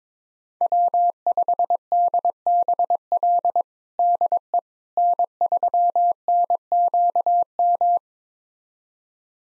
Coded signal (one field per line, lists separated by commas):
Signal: Morse code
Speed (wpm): 22 wpm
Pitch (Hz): 700 Hz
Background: none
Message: W5DBL DE N3NQM